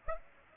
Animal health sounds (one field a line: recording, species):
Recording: mosquito wingbeat signal from an infrared sensor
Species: Aedes aegypti